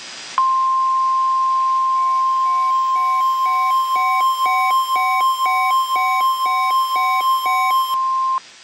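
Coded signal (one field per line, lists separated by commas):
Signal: Emergency Alert System (SAME) tones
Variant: 1050 Hz attention tone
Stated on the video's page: Simulated National Emergency EAS scenario.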